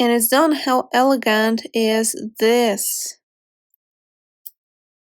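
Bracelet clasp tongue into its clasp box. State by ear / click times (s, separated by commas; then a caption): seated / 4.5 s. Someone talks for about the first three seconds, then after a near-silent pause the metal box clasp of a finished crystal and pearl tennis bracelet is closed by pushing its tongue into the box. It snaps shut with a single sharp click at 4.5 s, confirming the clasp is seated.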